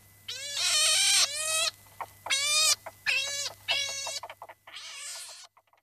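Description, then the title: Pine marten making loud, whining, cat-like squealing calls, four main drawn-out bursts followed by a fainter rasp, over a steady low hum. "Viikon luontoääni: Näätä"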